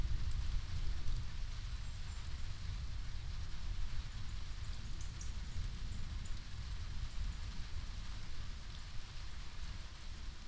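Steady pouring rain hisses throughout over a continuous low rumble of distant thunder, with a few faint high bird chirps.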